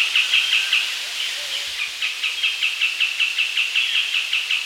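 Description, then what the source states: Southern white-crowned tapaculo song: rapid repeated high notes in a running series, partly masked by a dense background hiss. South America.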